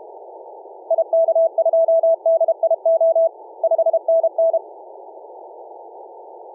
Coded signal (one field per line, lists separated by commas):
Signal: Morse code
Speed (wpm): 32 wpm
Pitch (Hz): 660 Hz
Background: none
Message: IK2DIO 5NN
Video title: BOUVET CW on 17M